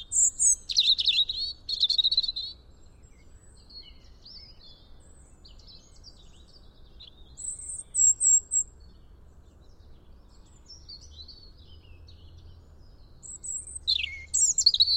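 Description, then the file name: European robin song: several separate phrases of high, sweet, thin warbles and trills, loudest at the start, midway and at the end, with quiet gaps between. "Erithacus rubecula"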